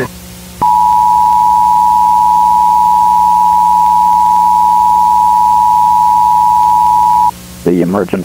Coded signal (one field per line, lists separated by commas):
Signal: Emergency Alert System (SAME) tones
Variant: 853 and 960 Hz attention tone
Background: speech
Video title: Wichita, KS | Civil Emergency Message | Jun 20, 2020 | EAS Scenario - Do Not Look Up (FANMADE)